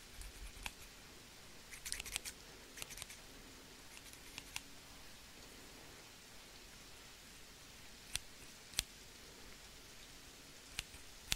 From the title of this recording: Scissors Sounds - Rain